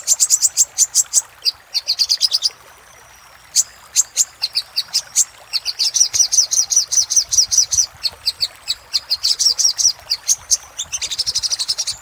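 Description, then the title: Little spiderhunter song, crisp high chips given rapidly in runs, some merging into a fast buzzy trill, with one clear pause. Master recording for training cage birds; labaik variant. "Masteran Burung Sogok Ontong Labaik"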